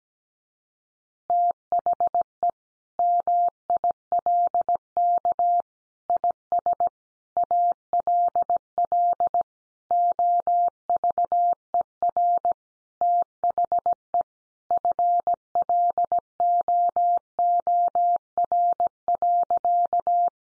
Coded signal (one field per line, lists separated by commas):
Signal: Morse code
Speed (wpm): 17 wpm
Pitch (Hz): 700 Hz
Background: none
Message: THE MILK IS ALL OVER THE FLOOR.